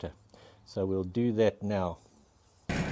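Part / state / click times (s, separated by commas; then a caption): 3 point linkage arm onto implement hitch pin / seated / 2.7 s. A tractor's 3-point linkage arm is engaged onto a grass slasher's attachment pin with the engine idling, and it locks into place. Someone talks over a low engine hum, then a single metallic hit sounds at 2.7 s as the hook seats, followed by a broadband rattling clatter.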